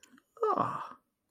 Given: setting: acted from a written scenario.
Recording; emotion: vocal sound without words; positive surprise